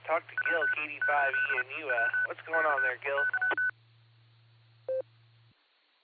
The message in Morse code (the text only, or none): W 8 W K Y